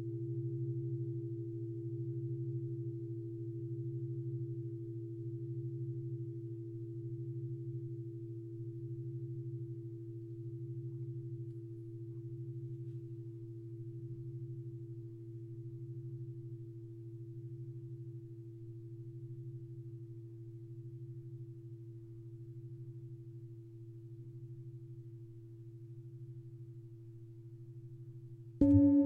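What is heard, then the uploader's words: A singing bowl sustains a low, steady hum with a clear tone ringing above it, the sound holding nearly unchanged with a gentle slow wavering. It fades only slightly over the half minute, then a sharp, loud click or strike cuts in at the very end. Singing bowl sound therapy.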